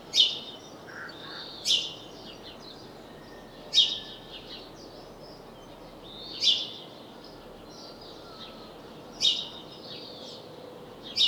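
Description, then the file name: House sparrow chirping, six loud clipped chirps at irregular gaps, softer chatter and a steady background hiss in between. "Passer domesticus"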